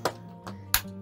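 Small plastic latch levers on the refrigerator door of an R-pod 192 travel trailer are pushed into the closed position, giving sharp clicks at 0.1 s and 0.7 s, with a softer tick near 0.5 s over a steady low hum. The clicks confirm the levers have latched and the door is securely closed, so it won't fly open while driving.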